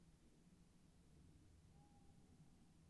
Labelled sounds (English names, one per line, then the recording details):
Tawny Owl
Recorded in Germany
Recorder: ecoPi